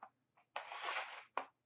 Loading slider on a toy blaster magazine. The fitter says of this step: They come down and lock into place.